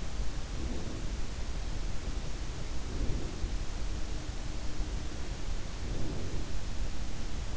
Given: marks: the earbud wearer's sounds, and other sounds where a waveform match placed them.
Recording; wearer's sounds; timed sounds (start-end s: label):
sounds in sleep by an in-ear microphone; breath
0.36-1.43 s: breath
2.77-3.58 s: breath
5.58-6.66 s: breath